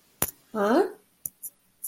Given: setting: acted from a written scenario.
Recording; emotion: vocal sound without words; confusion